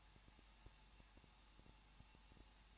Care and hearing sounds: daily activity, microphone in the room; no activity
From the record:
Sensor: 1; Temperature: 20.1 degrees Celsius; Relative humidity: 39.1%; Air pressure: 1006.5 hPa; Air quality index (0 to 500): 216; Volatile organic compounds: 72 ppm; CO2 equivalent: 3541 ppm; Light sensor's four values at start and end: 1/2/1/1 and 1/2/1/1

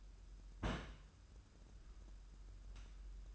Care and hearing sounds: daily activity, microphone in the room; place on stove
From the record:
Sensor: 2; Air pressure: 994.3 hPa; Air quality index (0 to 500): 217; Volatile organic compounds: 1000 ppm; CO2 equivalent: 7192 ppm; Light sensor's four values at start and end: 137/327/138/143 and 137/327/138/143

